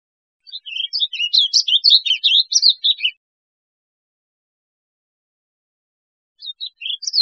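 Warbling vireo singing a rapid, rambling warble of slurred up-and-down notes lasting nearly three seconds, then a pause before the next phrase begins.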